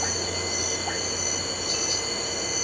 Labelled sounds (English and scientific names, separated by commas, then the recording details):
none
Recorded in pastures near Puerto Asís, Putumayo, Colombia, on 9 March 2025 at 05:00
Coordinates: 0.466, -76.322
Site CSA-02